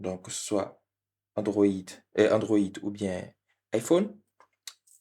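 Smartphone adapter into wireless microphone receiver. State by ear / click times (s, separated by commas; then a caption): seated / 4.7 s. Someone talks while a smartphone adapter from a DJI Mic wireless microphone kit is fitted onto the receiver. After the speech, a short sharp click is heard at 4.7 s as the adapter seats into the receiver.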